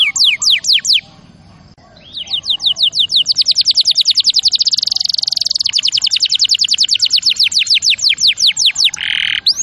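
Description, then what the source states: Canary song beginning with crisp descending notes, a brief gap, then a long rapid high trill ending in a short buzzy roll. Champion canary song used as a master recording for training other birds.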